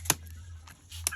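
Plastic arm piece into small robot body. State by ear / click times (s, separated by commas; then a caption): seated / 0.1 s, 1.1 s. A plastic arm piece of a small toy robot is pushed onto its mount in the robot body and pops into place, seating with two sharp clicks at 0.1 s and 1.1 s. A fainter tap comes at 0.7 s over a steady low hum.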